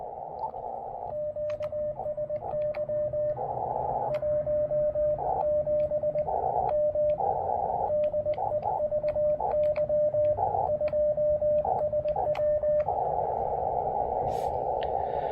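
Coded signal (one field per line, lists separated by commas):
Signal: Morse code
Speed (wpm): 20 wpm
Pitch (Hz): 600 Hz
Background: radio noise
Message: QSY 17M DE VY2SW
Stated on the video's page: Morse heard during an early-morning park activation in changeable weather.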